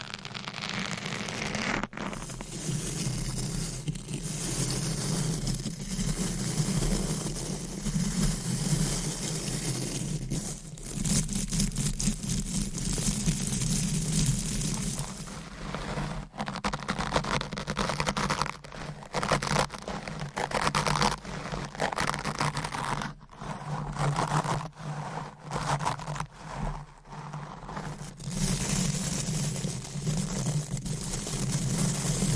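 Deep scratching, brushing and stroking on a microphone, with a steady low rumble underneath throughout. The rubbing is continuous at first, then from about 15 seconds becomes choppier, with quick scraping strokes and brief dropouts near 2, 16, 23 and 27 seconds.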